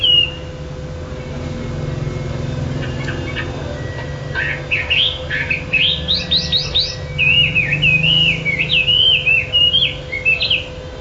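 Bird: after a few seconds of faint chips, a bird bursts into rapid steep whistles followed by a rolling, wavy warble; hum throughout.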